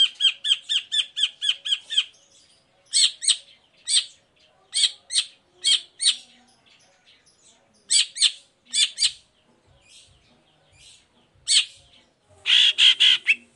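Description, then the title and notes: Long-tailed shrike song: a fast rattling series of high notes opens, followed by spaced harsh double notes and a loud chattering burst at the close. Cendet heard in the morning, a lively song full of varied 'toet toet' notes, used as a lure to provoke other shrikes into answering and singing along. "Cendet Gacor Dor Di Kala Pagi Toet Toet Variasi Suara. Pancingan Emosi Cendet Gacor Full Variasi Toet Toet Bikin Nyaut Cendet Lain Langsung Ikutan Bunyi. Burung cendet"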